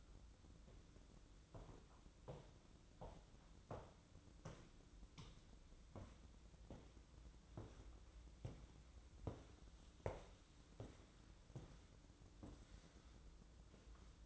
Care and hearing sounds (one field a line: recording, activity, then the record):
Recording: daily activity, microphone in the room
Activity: walk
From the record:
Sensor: 3